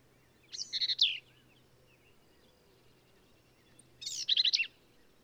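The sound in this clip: Black-capped vireo song, two short buzzy, rattling phrases of high notes separated by a pause of about three seconds.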